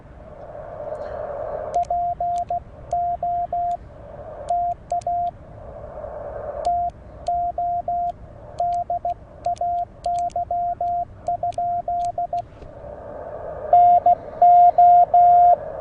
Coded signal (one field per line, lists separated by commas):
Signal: Morse code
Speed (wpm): 16 wpm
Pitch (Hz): 700 Hz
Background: radio noise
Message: PO TA TO DAY? NO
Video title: POTA in CW at Dunbar Cave State Park